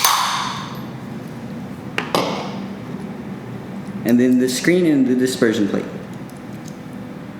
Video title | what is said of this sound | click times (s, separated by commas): How to Clean Your Home Espresso Machine | then taking the basket and pushing it in till you hear the click and then | 2.0 s